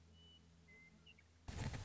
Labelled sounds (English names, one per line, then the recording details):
Western Meadowlark
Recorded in Sonoma County, California